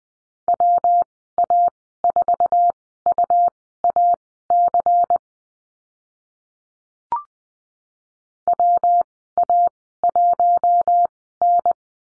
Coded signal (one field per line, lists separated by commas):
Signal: Morse code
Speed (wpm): 20 wpm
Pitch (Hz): 700 Hz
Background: none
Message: WA4UAC WA1N